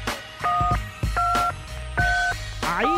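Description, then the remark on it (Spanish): A mobile phone keypad beeps out a series of dialing tones, each a short, steady dual-pitched note, about four presses in uneven rhythm over a low background hum, ending with a rising chirp. “Voy a coger el teléfono móvil. Aquí estamos, cacho de pepino, niño, que me lo ha vendido el Mario. Mira, aquí estamos marcando.”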